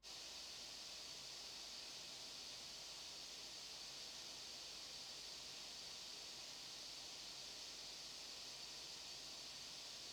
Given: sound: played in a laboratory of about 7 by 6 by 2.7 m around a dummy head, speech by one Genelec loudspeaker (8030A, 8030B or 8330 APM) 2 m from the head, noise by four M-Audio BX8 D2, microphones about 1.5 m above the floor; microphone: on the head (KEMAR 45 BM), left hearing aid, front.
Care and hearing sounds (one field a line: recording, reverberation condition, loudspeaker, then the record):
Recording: white noise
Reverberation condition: low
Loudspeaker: four, about 170 cm from the corners of the room and facing them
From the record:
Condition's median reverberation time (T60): about 310 ms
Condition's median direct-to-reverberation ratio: about 3.5 dB